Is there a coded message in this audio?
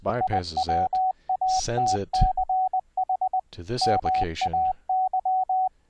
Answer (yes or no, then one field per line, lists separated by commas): yes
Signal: Morse code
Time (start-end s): 0.2-5.7 s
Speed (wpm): 20 wpm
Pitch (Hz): 750 Hz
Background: speech, radio noise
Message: IWATCH MAY